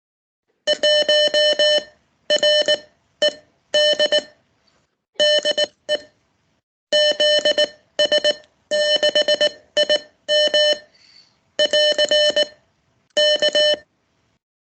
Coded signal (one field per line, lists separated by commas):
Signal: Morse code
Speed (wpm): 19 wpm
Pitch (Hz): 590 Hz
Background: none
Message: 1RED DE ZS6IM <AR> K